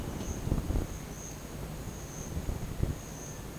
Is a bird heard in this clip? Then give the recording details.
no. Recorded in dense forest near Puerto Asís, Putumayo, Colombia, on 22 December 2024 at 10:00. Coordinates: 0.484, -76.317. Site G026